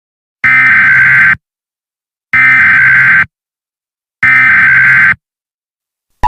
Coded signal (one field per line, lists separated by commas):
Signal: Emergency Alert System (SAME) tones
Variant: header bursts